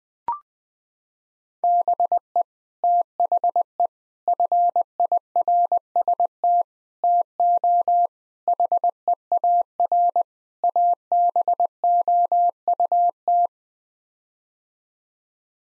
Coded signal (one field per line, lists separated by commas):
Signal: Morse code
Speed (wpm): 20 wpm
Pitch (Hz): 700 Hz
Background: none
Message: BE THE FIRST TO HEAR ABOUT